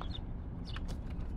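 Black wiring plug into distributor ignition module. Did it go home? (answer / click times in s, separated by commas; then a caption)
no / none. A black plastic wiring plug is handled and pushed toward the ignition control module terminal on the distributor of a 1984 Cutlass 307 engine, going on first so the other plug won't be in the way. Only faint handling rustle and a steady background hum are heard. Nothing has seated or clicked yet.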